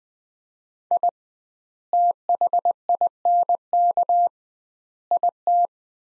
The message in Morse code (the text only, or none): I THINK IT